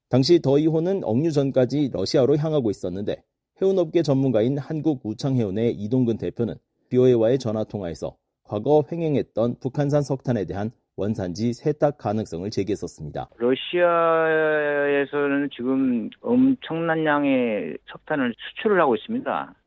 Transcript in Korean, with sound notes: 당시 더 이호는 억류 전까지 러시아로 향하고 있었는데, 해운업계 전문가인 한국 우창해운의 이동근 대표는 당시 VOA와의 전화통화에서 과거 횡행했던 북한산 석탄에 대한 ‘원산지 세탁’ 가능성을 제기었했습니다. [녹취: 대표] “러시아에서는 엄청난 양의 석탄을 수출하고 있습니다.